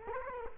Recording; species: mosquito wingbeat signal from an infrared sensor; Culex quinquefasciatus